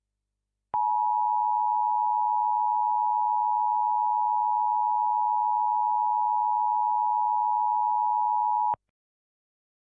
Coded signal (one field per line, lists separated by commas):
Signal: Emergency Alert System (SAME) tones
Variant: 853 and 960 Hz attention tone